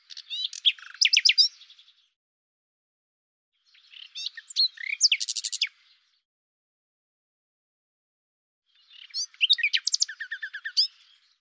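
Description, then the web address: Common nightingale singing three phrases separated by long pauses, each a dense mix of rapid chirps, trills and sharp notes. "cianscape birddata Deverinetal 2025 Bird Lu Me"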